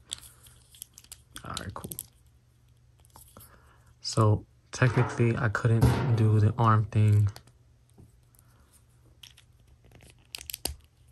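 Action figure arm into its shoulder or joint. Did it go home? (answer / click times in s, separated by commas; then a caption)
no / none. An action figure's arm is worked by hand at its shoulder joint, with small sharp taps and rustling early on and a burst of sharp clicks near 10.4–10.7 seconds. Someone talks in between. The arm has not yet seated or clicked into place.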